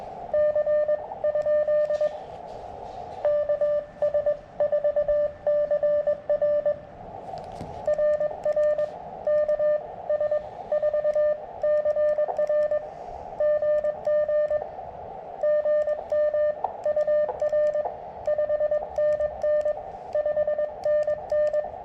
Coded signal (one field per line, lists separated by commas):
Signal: Morse code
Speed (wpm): 21 wpm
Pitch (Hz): 600 Hz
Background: radio noise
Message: C? KS4CR RR KS4CR GG GM UR 5NN 5NN